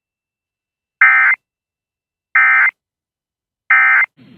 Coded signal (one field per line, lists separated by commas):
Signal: Emergency Alert System (SAME) tones